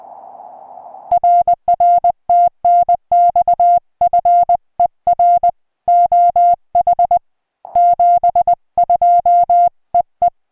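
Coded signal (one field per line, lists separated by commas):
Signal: Morse code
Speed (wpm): 20 wpm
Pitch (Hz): 700 Hz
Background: music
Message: RR TNX FER OH 72 EE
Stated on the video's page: Morse from a park activation of Santa Rosa-San Jacinto National Monument (K-4546), restored recording.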